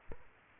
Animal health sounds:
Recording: mosquito wingbeat signal from an infrared sensor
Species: Aedes aegypti

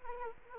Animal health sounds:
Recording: mosquito wingbeat signal from an infrared sensor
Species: Anopheles arabiensis

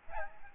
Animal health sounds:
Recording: mosquito wingbeat signal from an infrared sensor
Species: Aedes albopictus

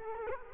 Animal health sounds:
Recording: mosquito wingbeat signal from an infrared sensor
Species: Culex quinquefasciatus

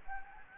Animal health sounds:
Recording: mosquito wingbeat signal from an infrared sensor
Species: Anopheles gambiae

